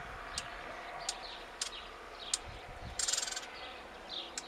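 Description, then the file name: Eurasian blackcap giving hard, clicking tac calls at uneven intervals of about half a second to a second, with a short buzzing burst midway. "Sylvia atricapilla"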